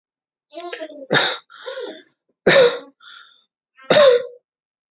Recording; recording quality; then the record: shallow voluntary cough; moderate, slight background noise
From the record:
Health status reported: healthy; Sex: male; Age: 31 years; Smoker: yes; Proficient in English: yes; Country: India